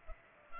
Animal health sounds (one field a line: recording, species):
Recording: mosquito wingbeat signal from an infrared sensor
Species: Culex pipiens